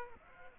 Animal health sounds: mosquito wingbeat signal from an infrared sensor; Aedes aegypti

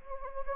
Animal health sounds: mosquito wingbeat signal from an infrared sensor; Anopheles gambiae

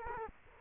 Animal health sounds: mosquito wingbeat signal from an infrared sensor; Culex quinquefasciatus

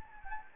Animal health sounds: mosquito wingbeat signal from an infrared sensor; Anopheles gambiae

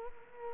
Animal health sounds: mosquito wingbeat signal from an infrared sensor; Culex quinquefasciatus

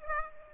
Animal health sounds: mosquito wingbeat signal from an infrared sensor; Aedes aegypti

